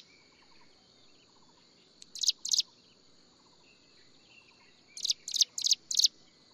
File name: 斑紋鷦鶯